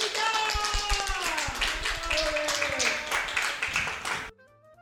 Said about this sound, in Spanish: Muchas gracias. Un aplauso.